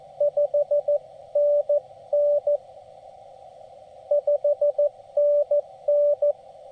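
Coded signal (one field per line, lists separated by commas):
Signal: Morse code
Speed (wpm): 14 wpm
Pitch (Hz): 580 Hz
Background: radio noise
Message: 5NN 5NN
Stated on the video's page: QRP CW SOTA summit activation on an mcHF QRP radio with paddle key and 15/17/20 m linked dipole, around 14.063, 18.080 and 21.063 MHz.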